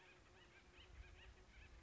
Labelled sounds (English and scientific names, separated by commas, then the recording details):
Acorn Woodpecker (Melanerpes formicivorus)
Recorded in Sonoma County, California